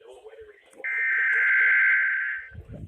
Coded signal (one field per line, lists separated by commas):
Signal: Emergency Alert System (SAME) tones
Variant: header bursts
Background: speech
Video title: EAS #39-41 - Required Weekly Tests